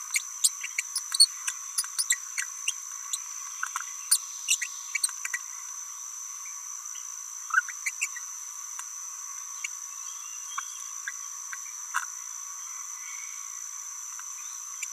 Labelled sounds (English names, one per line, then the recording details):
Green-rumped Parrotlet babbling
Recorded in a nest box in Venezuela
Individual 18B17A3